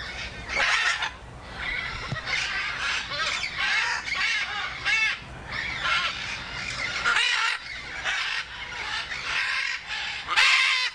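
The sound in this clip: Macaw calling with a near-continuous series of coarse, grating squawks, some overlapping, with a few sharper screeches breaking through toward the end.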